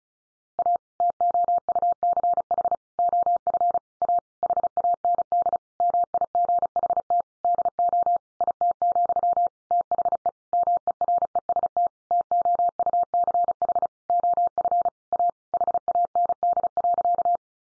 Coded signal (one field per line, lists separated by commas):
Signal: Morse code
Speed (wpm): 34 wpm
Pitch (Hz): 700 Hz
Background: none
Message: A TOUCH OF A HAND MIGHT DO IT, THE MEREST TOUCH OF A HAND.